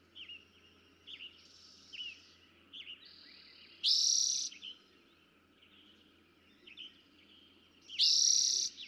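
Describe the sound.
Eastern towhee song, a loud buzzy trill given twice about four seconds apart, with soft short notes in between.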